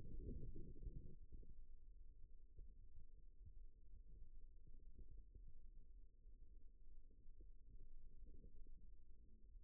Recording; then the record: forearm muscle sounds (acoustic myography)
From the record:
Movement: rest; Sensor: system 2, bracelet of six BSWA MPA416 microphones around the upper forearm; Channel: 6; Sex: male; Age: 22 years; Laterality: right